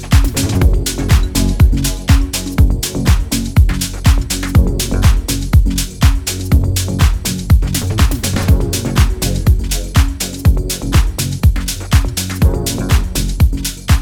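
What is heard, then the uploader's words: Water in a private hot spring outside Gerlach, Nevada, gurgles and pops without pause, several sharp crackling bursts each second. Deep, hollow bloops slide downward in pitch beneath the crackle. The level holds steady for the whole stretch, easing slightly near the end. Black Rock Desert Deep Recording. Recorded live from an undisclosed private hot springs located just outside Gerlach, Nevada.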